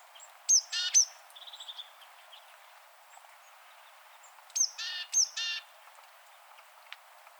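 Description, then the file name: Great tit call sequences: high thin note with grating buzzy churrs, a brief soft trill after the first group, then a second harsh burst. "Parus major"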